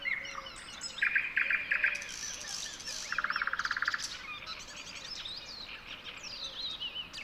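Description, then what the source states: Bird song in a dense dawn chorus: rapid buzzy trills, thin high whistles and sweeping chirps from several overlapping birds. Song recorded within a dawn chorus.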